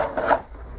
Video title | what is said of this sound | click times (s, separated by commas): Build video for my Palette 2 External filament Buffer V2 | So let's just snap it back on, | 0.2 s, 0.3 s